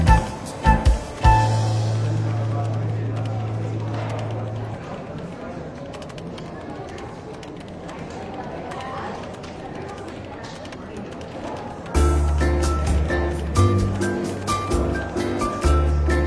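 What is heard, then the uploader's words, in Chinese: A bookshop café hums with a light mix of overlapping voices and clatter while soft, relaxed jazz plays underneath. Sharp clinks and knocks pop out near the start and again after twelve seconds, when the music's low bass notes swell louder and a busier stretch of chatter and tapping begins. 伦敦书店咖啡馆轻微喧闹氛围与柔和轻松的爵士背景音乐。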